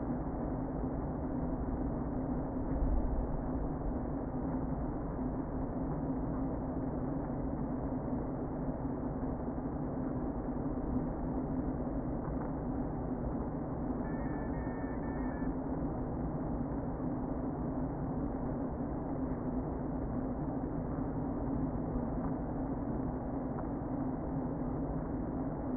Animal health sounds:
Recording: honeybee colony, microphone inside the hive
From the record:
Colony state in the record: queen present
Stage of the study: before two queens were removed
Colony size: about 60,000 bees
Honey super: yes

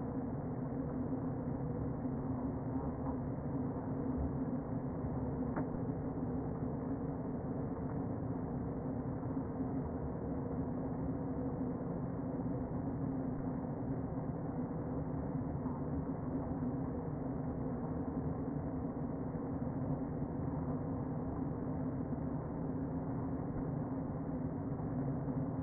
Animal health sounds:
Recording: honeybee colony, microphone inside the hive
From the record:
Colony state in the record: queen present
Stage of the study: before two queens were removed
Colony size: about 60,000 bees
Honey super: yes

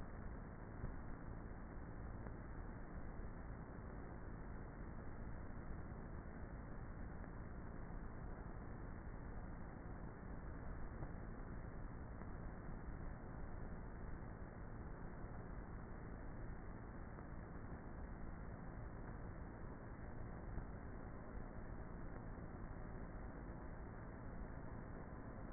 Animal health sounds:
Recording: honeybee colony, microphone inside the hive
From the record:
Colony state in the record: queenless with a low population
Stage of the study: before two queens were removed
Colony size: about 30,000 bees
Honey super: no

